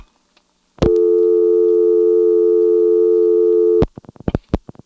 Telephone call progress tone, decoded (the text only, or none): dial tone